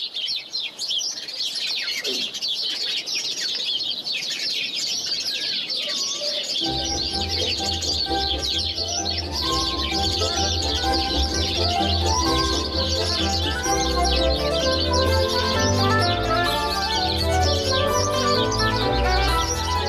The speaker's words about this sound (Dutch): uit Culemborg krijgt juist van de kwetterende en chilpende mussen een lentegevoel.